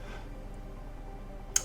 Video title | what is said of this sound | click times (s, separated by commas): 2019 24 Hours of Lemons Build Episode 11 RX8 Rotary Engine Rebuild | simply push it down and end and it locks into place and when | 1.6 s